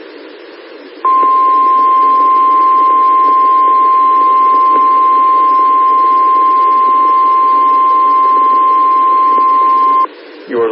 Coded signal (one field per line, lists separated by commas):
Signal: Emergency Alert System (SAME) tones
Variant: 1050 Hz attention tone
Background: speech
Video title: EAS 4099-4106: Required Weekly Tests From 12/07/22